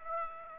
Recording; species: mosquito wingbeat signal from an infrared sensor; Aedes aegypti